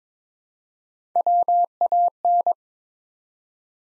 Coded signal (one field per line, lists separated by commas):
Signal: Morse code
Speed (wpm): 23 wpm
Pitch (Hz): 700 Hz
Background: none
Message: WAN